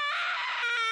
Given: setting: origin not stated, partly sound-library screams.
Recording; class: one-second piece from a danger detection set; woman in danger